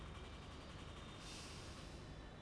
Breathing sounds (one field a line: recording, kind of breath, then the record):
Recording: one breath in and out by a microphone near the nose and mouth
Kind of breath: normal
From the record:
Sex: male